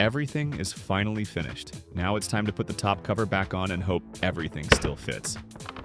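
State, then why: Not seated. A PS3 top cover is being handled to go back onto the game console shell that has been converted into a PC case, while someone talks over background music. The cover has not seated or clicked into place yet.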